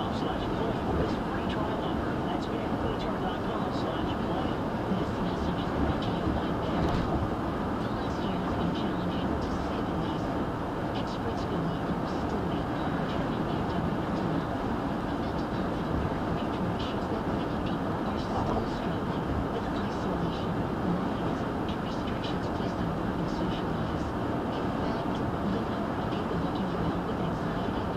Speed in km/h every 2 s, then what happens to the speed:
111, 111, 111, 111, 111, 111, 111, 111, 111, 109, 111, 111, 111, 109.
0-28 steady at about 111.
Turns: none.